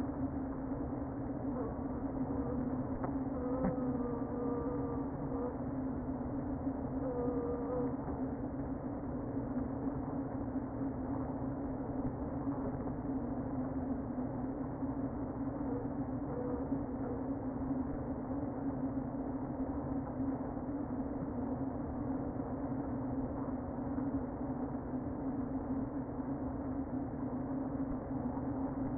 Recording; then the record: honeybee colony, microphone inside the hive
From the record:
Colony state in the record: queen present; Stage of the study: before two queens were removed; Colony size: about 60,000 bees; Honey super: yes